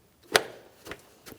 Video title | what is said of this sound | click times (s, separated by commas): How to Replace Radiator Fan Control Module 2007-2014 Ford Edge 3.5L | Just an audible click from that. | 0.4 s